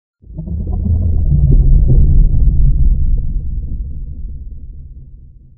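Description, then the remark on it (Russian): Storm wind gusts buffet an astronauts' habitat module during a severe storm, a deep, continuous low rumble that swells quickly, holds strong for a few seconds, then gradually eases. No voices. “Астронавты сгрудились в центре жилого модуля, сотрясавшегося под порывами ветра.”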